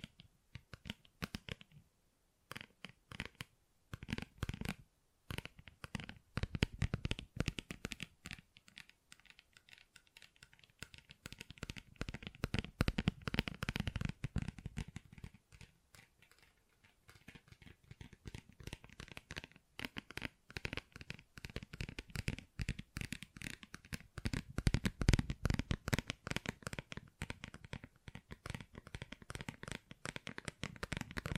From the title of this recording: Tingly Textures Tapping and Scratching